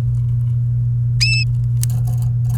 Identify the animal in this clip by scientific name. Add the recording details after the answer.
Serinus canaria. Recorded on 28 April 2018 at 09:28. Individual llb3